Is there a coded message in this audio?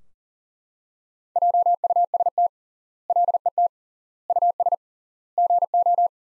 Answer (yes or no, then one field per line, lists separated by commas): yes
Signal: Morse code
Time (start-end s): 1.4-6.1 s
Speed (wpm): 40 wpm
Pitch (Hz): 700 Hz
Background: none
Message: JUST LET US GO